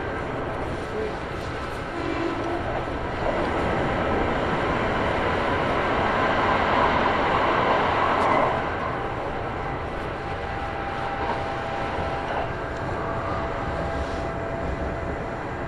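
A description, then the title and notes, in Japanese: Onboard an express train on the Kintetsu Osaka Line, a steady, dense rumble fills the whole clip, with thin whining tones running over it. The noise swells slightly from about four to eight seconds, then settles back, with faint voices now and then. 近鉄大阪線 急行 名張→大和朝倉。平日のお昼時、そろそろ学生の乗り降りが始まりそうな時間帯です。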